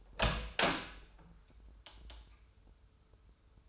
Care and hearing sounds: daily activity, microphone in the room; open door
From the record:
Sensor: 2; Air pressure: 996.0 hPa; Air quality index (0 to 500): 43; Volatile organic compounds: 1 ppm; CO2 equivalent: 797 ppm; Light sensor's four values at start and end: 11/27/11/12 and 12/27/12/12

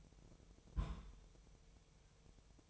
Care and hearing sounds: daily activity, microphone in the room; place on stove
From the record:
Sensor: 1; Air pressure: 999.4 hPa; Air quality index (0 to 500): 198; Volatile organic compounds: 40 ppm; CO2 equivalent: 3141 ppm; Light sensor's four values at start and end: 9/22/8/9 and 9/22/8/9

